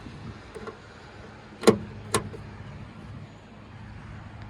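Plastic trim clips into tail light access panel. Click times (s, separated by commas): 1.7 s, 2.2 s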